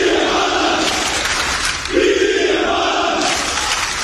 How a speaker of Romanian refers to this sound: Suporterii au scandat numele și l-au aplaudat pe cel care a ajutat echipa lor de suflet, Universitatea Craiova, să obțină la începutul anilor 80 mari performanțe.